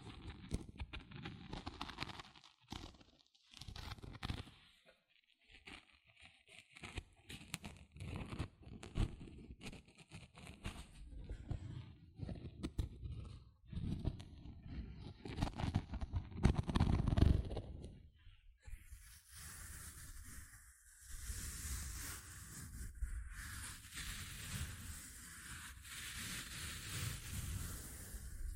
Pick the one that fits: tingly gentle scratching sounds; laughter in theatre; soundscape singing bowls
tingly gentle scratching sounds